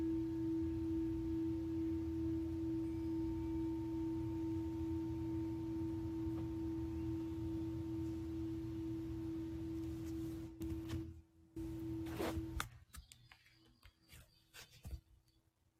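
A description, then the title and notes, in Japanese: A singing bowl rings in a steady, sustained mid-pitched hum with a faint higher overtone over a low, rumbling drone. Around ten seconds a few sharp clicks break in, and after twelve seconds the tone stops, leaving quieter, scattered sounds. メキシコから シンギングボウルのサウンドヒーリング ライブ。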